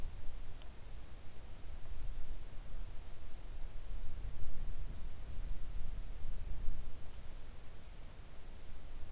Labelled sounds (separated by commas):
near silence